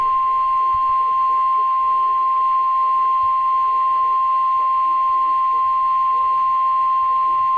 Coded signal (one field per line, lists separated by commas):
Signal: Emergency Alert System (SAME) tones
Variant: 1050 Hz attention tone